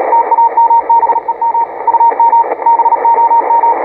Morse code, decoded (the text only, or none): TAMBEM UM BOM